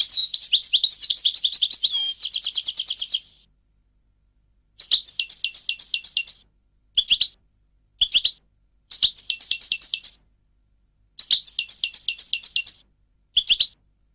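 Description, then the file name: European goldfinch song: a long tinkling trill followed by several short twittering bursts separated by brief pauses, all high-pitched and liquid. "audio burung goldfinch"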